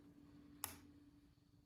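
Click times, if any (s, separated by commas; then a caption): 0.6 s. An interchangeable lens is placed on the camera body mount and turned until it locks. A single sharp click sounds at 0.6 s over a faint steady hum. The lens is properly attached.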